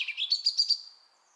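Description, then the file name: European robin giving a brief run of high, thin notes that climb and repeat in quick pulses, then fade out. "Erithacus rubecula"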